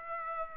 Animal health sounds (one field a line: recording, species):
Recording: mosquito wingbeat signal from an infrared sensor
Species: Aedes aegypti